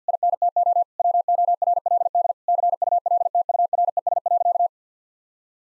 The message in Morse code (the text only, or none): INTO WORLD CULTURES.